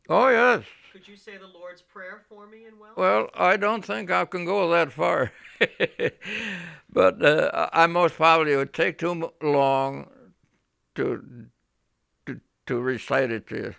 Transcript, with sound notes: Oh, yes.
Could you say the Lord's Prayer for me in Welsh?
Well, I don't think I can go that far. ( he laughs ) But I most probably would take too long to recite it to you.